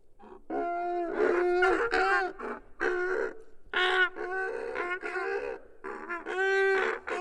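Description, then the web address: Goose: loud, nasal honks in irregular bursts with short gaps between. "Tom Hutchings Geese"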